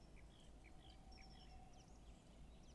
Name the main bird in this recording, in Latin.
Strix aluco